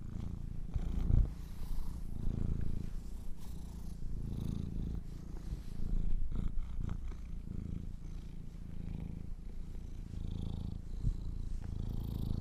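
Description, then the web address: Domestic cat purring, a steady low rumbling drone with soft breathy pulses throughout. Kittens purring. "sleepandrelaxasmr. The Purring Kittens"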